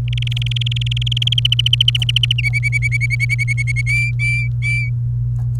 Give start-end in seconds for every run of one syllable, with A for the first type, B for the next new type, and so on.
0.08-1.40 A, 1.45-2.33 B, 2.38-3.81 C, 3.86-4.89 D